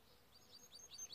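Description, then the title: Timbrado canary song, a short burst of quick repeated chirps that gets louder toward the end over faint background noise. Timbrado canary, song used as a training recording for canaries. "Canary Bird Singing - Timbrado training video"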